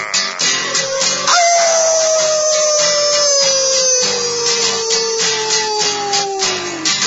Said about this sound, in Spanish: Ahora sí, atención, todas las tropas. ¡Aullar!